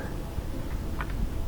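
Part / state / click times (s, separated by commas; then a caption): solar panel cable plug into solar security light socket / seated / 1.0 s. A solar panel's cable plug is pushed into the socket on a solar security light's housing. A short, sharp click sounds at 1.0 s over a steady low background hum. The plug seats firmly and makes a good connection.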